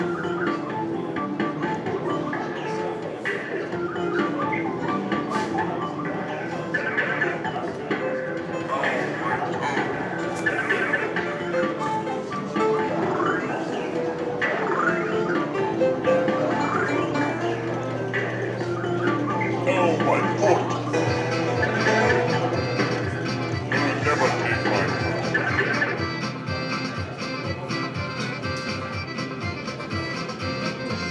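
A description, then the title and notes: Walking through a games arcade, a dense, steady clatter of machine sounds and chatter continues, with a low hum running from about sixteen to twenty-five seconds. Arcade, Games, Walk Thru by Bandeto.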